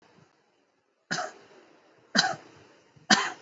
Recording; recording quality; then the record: shallow voluntary cough; excellent, no background noise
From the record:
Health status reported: exposed to COVID-19, no respiratory illness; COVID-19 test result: not tested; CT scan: not taken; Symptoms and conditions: none ticked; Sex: male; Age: 55 years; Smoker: no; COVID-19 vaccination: both doses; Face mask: worn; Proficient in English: yes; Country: India